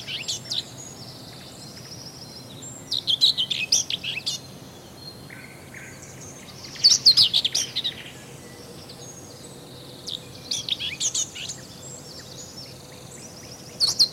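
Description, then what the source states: Common whitethroat giving short, scratchy, hurried song phrases roughly every three to four seconds, separated by quiet gaps with light background hiss. Variant song.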